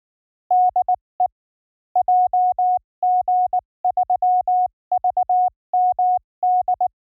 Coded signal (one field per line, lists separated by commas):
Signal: Morse code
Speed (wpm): 19 wpm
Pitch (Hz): 730 Hz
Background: none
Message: DE JG3VMD